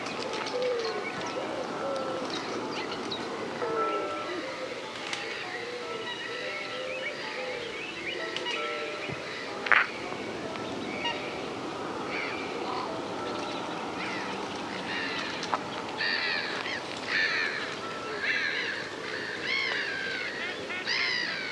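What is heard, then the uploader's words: Saltmarsh at dusk: a dense, steady bed of bird calls and chirps, with brighter repeated bird phrases after fifteen seconds and faint voices. Dusk at Rye Harbour Nature Reserve. It is the soundscape of a saltmarsh nature reserve - the daytime flora and fauna, birds, insects and landscape winding down before night time. Recorded by Mary Hooper.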